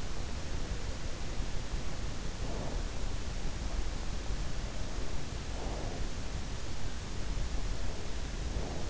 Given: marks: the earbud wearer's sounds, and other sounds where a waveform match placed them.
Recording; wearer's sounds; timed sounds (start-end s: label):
sounds in sleep by an in-ear microphone; breath
2.21-3.15 s: breath
5.36-6.16 s: breath
8.17-8.90 s: breath